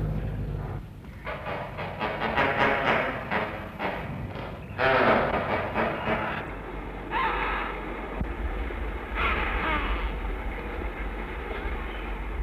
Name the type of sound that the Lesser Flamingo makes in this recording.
call